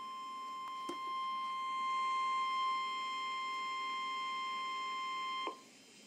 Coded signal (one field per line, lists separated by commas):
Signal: Emergency Alert System (SAME) tones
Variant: 1050 Hz attention tone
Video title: NOAA Weather Radio: Severe T-storm Warning (EAS #40)